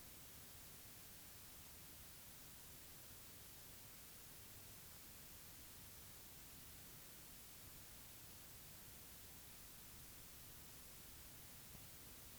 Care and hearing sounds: daily activity, guitar pickup as the sensor; sit

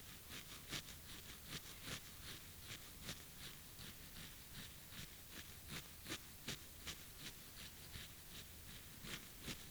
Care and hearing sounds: daily activity, guitar pickup as the sensor; brush teeth

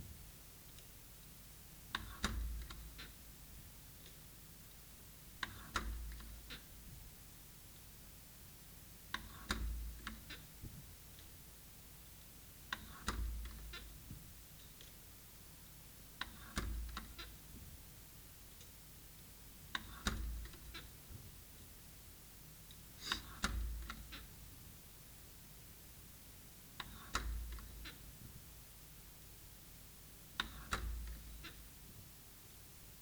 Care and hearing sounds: daily activity, guitar pickup as the sensor; manipulate door

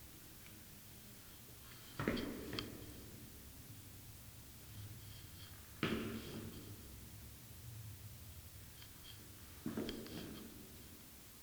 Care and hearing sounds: daily activity, guitar pickup as the sensor; go downstairs

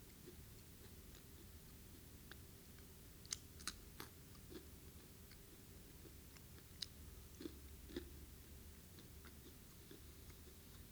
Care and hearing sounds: daily activity, guitar pickup as the sensor; eat

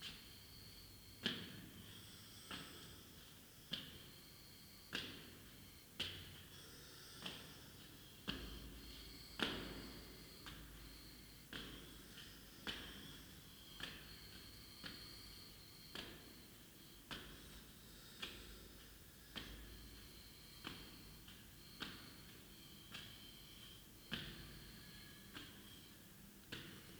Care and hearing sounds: daily activity, guitar pickup as the sensor; go upstairs

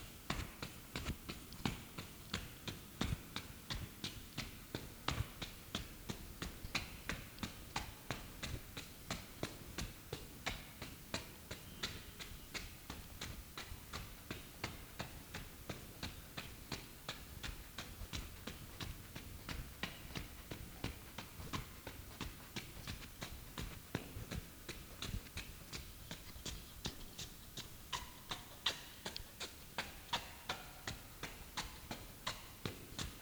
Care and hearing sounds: daily activity, guitar pickup as the sensor; run

